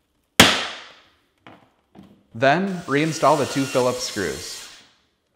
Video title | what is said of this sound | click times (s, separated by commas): How to replace Samsung freezer evaporator fan motor part # DA31-00146H | then push the bottom parts until they snap into place. | 0.4 s